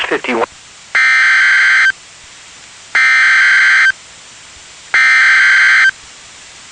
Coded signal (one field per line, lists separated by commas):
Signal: Emergency Alert System (SAME) tones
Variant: header bursts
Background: speech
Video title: Tornado Warning (EAS #382)